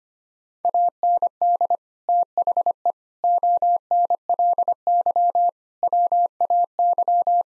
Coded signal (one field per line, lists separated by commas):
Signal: Morse code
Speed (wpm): 25 wpm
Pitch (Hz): 700 Hz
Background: none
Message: AND THE ONLY WAY